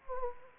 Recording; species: mosquito wingbeat signal from an infrared sensor; Anopheles gambiae